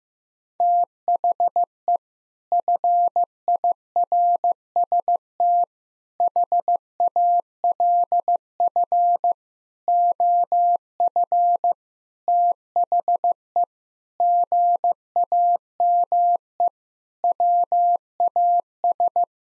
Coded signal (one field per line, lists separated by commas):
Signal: Morse code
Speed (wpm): 15 wpm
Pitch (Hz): 700 Hz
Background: none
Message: THE FIRST HALF OF THE GAME WAS